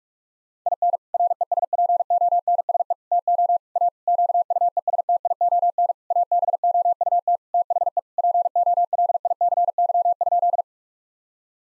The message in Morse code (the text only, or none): IN RESPONSE TO A QUESTION ABOUT THE POLICY?